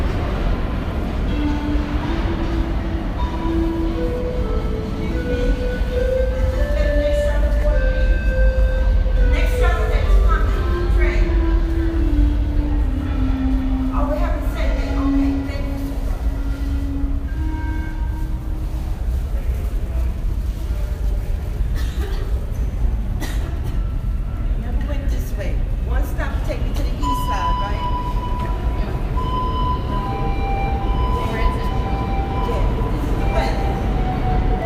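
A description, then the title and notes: A steady, heavy low rumble fills the Times Square subway station throughout. For the first twenty seconds, a whining tone rises and then slowly falls, like a train motor, with murmuring voices underneath. Later, a thin, steady high tone sounds on and off. Times Square Subway Station.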